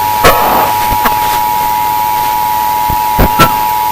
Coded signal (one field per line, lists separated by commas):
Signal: Emergency Alert System (SAME) tones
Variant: 853 and 960 Hz attention tone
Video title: [REUPLOAD] 1960s EAS Alert Scnario